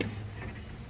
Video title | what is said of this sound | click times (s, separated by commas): PrimeWeld Mig 285 Panel Upgrade | my groove on top, and then they just snap right in place. | 0.0 s